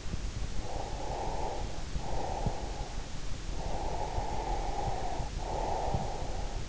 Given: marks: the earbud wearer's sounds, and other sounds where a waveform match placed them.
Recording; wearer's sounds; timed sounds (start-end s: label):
sounds in sleep by an in-ear microphone; breath
0.49-3.01 s: breath
3.64-6.59 s: breath